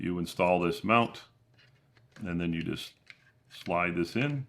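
A eufy security camera from a 4K PoE NVR kit is handled beside its plastic wall mount bracket while someone talks. Speech dominates, with a faint brief tick around 2.0 s in a quiet gap. The camera has not yet slid home or clicked into place on the mount.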